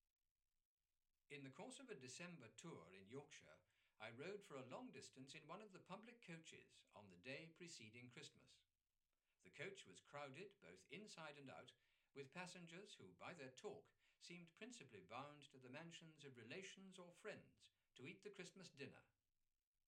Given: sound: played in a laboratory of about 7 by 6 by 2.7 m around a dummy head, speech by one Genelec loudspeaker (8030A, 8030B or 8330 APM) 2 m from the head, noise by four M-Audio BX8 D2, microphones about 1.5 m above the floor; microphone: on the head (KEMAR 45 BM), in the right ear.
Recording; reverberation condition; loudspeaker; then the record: male speech in English; low; 60 degrees to the right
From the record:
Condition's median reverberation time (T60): about 310 ms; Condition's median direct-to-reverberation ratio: about 3.5 dB